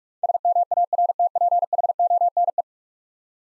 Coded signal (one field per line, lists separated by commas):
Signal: Morse code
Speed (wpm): 46 wpm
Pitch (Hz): 700 Hz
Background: none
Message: SMARTPHONE